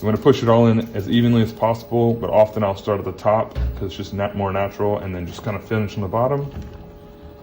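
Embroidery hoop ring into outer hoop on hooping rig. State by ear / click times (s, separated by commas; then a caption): not seated / none. Someone talks throughout while the inner embroidery hoop is pushed down over shirt fabric into the outer hoop on a hooping rig, working from the top toward the bottom. No sharp hits stand out, and the talk fades to a quiet steady hum at the end. The hoop has not seated or clicked yet.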